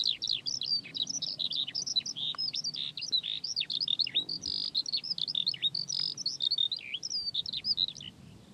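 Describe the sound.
Eurasian skylark song, a rapid unbroken stream of high chirping, trilling and slurred notes, fluttering up and down without pause.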